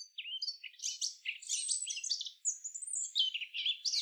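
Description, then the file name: Eurasian blackcap, a soft continuous warble of fast, jumbled high notes with scratchy chatter and a few brief clear whistles. "Sylvia atricapilla"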